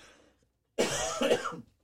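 One harsh, sudden cough with a rough voiced tail from an adult man who has just got over COVID and now has a head cold. He could feel the cough coming on just before it came.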